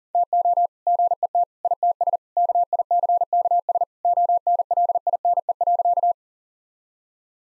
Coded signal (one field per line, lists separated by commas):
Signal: Morse code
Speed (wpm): 40 wpm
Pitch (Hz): 700 Hz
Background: none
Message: TO GET ITS KICKS ONLINE.